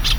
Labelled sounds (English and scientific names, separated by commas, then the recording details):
Brown-throated Parakeet (Eupsittula pertinax) contact call
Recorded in Venezuela
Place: Tumeremo, Edo. Bolívar
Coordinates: 7.209, -61.364